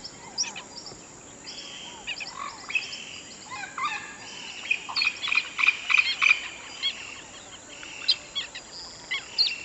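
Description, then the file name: Birdsong: scattered sharp chirps that grow into a louder run of repeated notes midway, then scattered chirps again. "Natural Sample Makers - Relaxing Birdsong"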